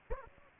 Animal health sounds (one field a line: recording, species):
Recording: mosquito wingbeat signal from an infrared sensor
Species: Aedes aegypti